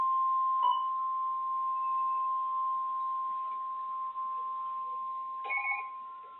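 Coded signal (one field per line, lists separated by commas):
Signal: Emergency Alert System (SAME) tones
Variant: 1050 Hz attention tone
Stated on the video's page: Severe thunderstorm warnings and special marine warnings broadcast during a March storm system.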